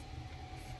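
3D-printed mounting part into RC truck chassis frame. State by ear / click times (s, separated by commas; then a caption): not seated / none. A 3D-printed mounting piece is handled against the chassis frame of a Bruder Mack Granite RC model cement truck, being pressed into position. Only a steady low rumble with a faint constant tone is heard, with no distinct sharp sounds. Nothing has seated or clicked yet.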